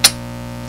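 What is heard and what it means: A laptop memory module is slid into its SO-DIMM slot and pushed down until the side clips catch it, giving a loud, sharp click at 0.1 s over a steady low hum. A much fainter brief tick follows near 0.7 s, and the module is seated.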